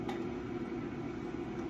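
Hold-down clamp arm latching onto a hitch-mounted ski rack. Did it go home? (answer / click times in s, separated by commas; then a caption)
yes / 0.1 s. The hold-down clamp arm of a hitch-mounted ski rack is pressed back down over the lined-up skis until its catch engages, giving a single short click at 0.1 s. A steady low hum runs underneath the whole clip. The clamp seats closed.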